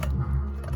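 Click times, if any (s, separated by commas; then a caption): none. A new quick-release connector on an MR2 is handled against its mating hub, likely a steering wheel quick-release hub, over a steady low hum with a brief light tick near the start. The connector has not seated or clicked home yet.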